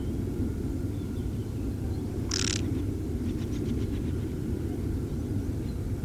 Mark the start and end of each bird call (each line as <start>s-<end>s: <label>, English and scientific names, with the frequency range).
0.93s-1.65s: European Robin (Erithacus rubecula) (2.6-3.7 kHz)
2.28s-2.63s: Mistle Thrush (Turdus viscivorus) (1.3-8.7 kHz)
5.66s-5.74s: Common Chaffinch (Fringilla coelebs) (3.9-4.3 kHz)